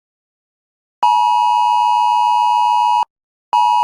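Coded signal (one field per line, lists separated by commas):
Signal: Emergency Alert System (SAME) tones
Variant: 853 and 960 Hz attention tone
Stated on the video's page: Fictional EAS scenario.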